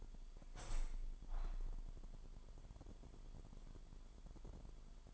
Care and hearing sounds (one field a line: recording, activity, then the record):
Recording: daily activity, microphone in the room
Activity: open window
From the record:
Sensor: 5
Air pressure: 998.6 hPa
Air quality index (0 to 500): 105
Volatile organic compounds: 2 ppm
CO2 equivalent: 1214 ppm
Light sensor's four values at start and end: 46/114/47/54 and 46/114/47/53